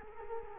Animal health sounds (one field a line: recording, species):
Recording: mosquito wingbeat signal from an infrared sensor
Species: Culex quinquefasciatus